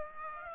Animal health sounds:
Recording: mosquito wingbeat signal from an infrared sensor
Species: Aedes aegypti

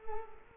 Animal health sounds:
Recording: mosquito wingbeat signal from an infrared sensor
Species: Culex quinquefasciatus

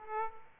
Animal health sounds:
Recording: mosquito wingbeat signal from an infrared sensor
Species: Aedes aegypti

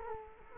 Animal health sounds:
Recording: mosquito wingbeat signal from an infrared sensor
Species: Culex quinquefasciatus

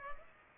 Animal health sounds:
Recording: mosquito wingbeat signal from an infrared sensor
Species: Culex pipiens

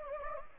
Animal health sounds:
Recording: mosquito wingbeat signal from an infrared sensor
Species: Anopheles gambiae

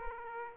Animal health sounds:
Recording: mosquito wingbeat signal from an infrared sensor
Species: Aedes aegypti

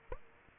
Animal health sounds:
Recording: mosquito wingbeat signal from an infrared sensor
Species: Aedes aegypti

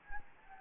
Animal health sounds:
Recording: mosquito wingbeat signal from an infrared sensor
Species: Anopheles gambiae

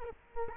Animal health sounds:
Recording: mosquito wingbeat signal from an infrared sensor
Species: Culex quinquefasciatus

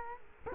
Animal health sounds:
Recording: mosquito wingbeat signal from an infrared sensor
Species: Culex quinquefasciatus

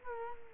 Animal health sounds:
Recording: mosquito wingbeat signal from an infrared sensor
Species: Culex quinquefasciatus

